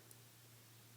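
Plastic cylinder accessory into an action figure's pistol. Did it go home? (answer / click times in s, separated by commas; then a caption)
no / none. A plastic cylinder accessory piece holding an unpainted silver key is being fitted by hand into an action figure's pistol. Over a quiet, steady low hum, a faint handling tick is heard at 0.1 s. Nothing has seated or clicked into place yet.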